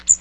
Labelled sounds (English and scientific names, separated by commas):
Magnolia Warbler (Setophaga magnolia) flight call